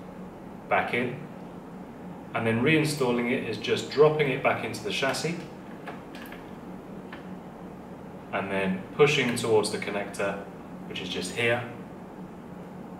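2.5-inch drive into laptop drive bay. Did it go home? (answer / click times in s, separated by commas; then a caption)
no / none. A 2.5-inch hard drive in its shim is dropped back into the drive bay of an HP EliteBook 8460p laptop chassis and positioned, with short handling knocks near 6.2 s and 7.1 s in a quiet gap while someone talks before and after. The drive has not yet been pushed into its connector, and nothing has seated or clicked yet.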